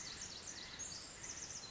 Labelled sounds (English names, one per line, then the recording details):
Pacific Wren
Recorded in Sonoma County, California